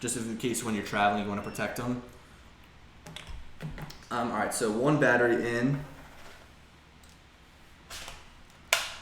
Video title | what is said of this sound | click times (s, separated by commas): DJI Inspire 2 Unboxing LIVE | such a satisfying click | 8.7 s